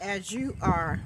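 An attachment or bit is being pushed down into a cordless drill while someone talks. The part has not gone home yet, and nothing has seated or clicked.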